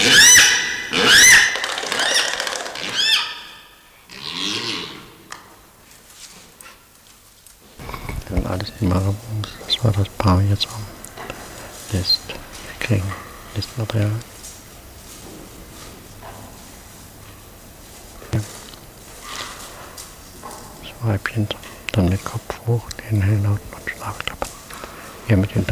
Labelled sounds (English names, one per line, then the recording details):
Marabou Stork
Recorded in captivity
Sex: pair
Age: adult
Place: Tiergarten Schönbrunn, Wien, AT
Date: 1999-11-10 14:28
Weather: stark bedeckt, 5°C
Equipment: Sony WM-D6C, Sennheiser ME 80, Kopie Uher 4000 Report Monitor
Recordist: Tembrock, Günter